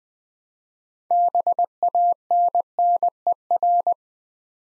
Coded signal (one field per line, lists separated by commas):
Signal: Morse code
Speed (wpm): 20 wpm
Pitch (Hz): 700 Hz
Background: none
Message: BANNER